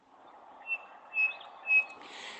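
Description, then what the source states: Chinspot Batis giving three clear, high whistled notes at an even pitch, about half a second apart, followed by a brief hiss. Played again for comparison with the Cape Batis; the Chinspot Batis has a slightly higher tone.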